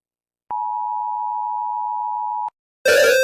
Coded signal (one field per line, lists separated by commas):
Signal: Emergency Alert System (SAME) tones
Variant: 853 and 960 Hz attention tone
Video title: Eas alarmas cuál es tu alarma favorita #countryballs